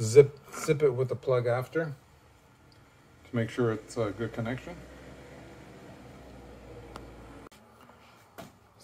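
A wiring harness plug is pushed onto the old transmission control module, and its locking ears latch it in place. Someone talks at the start, then a short, sharp click at 6.9 s confirms the connector is seated.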